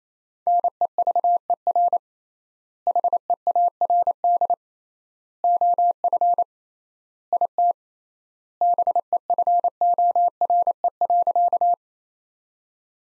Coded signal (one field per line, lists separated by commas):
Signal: Morse code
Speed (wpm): 28 wpm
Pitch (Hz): 700 Hz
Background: none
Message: NEVER HEARD OF IT BEFORE.